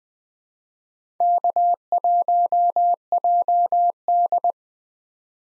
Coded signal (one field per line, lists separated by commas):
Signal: Morse code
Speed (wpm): 20 wpm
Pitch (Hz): 700 Hz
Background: none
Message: K1JD